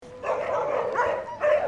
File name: BALADE CHIENS DE TRAINEAU BARRE DE MONTS